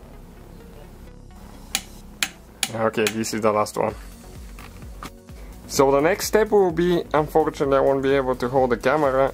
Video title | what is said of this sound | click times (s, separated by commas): MAIN BEARING TORQUE SPECS SEQUENCE ON HYUNDAI ELANTRA TUCSON CRANKCASE TORQUE SPECS | okay almost there this or that click now okay | 1.8 s, 2.2 s, 2.6 s